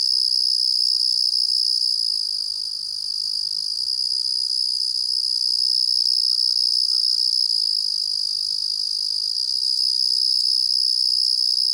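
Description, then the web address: Carolina ground cricket trilling, a continuous high buzzy trill held steady throughout with a slight dip in loudness near three seconds, no other sounds clear. "The Songs of Insects. Carolina Ground Cricket"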